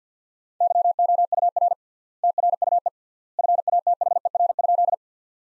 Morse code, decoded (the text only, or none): YOUR TRUE FATHER?